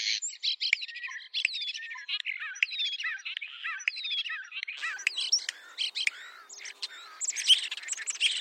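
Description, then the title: Oriental magpie-robin singing a continuous, varied medley of whistled and chattering notes, growing denser and scratchier toward the end. "Kicau Kacer"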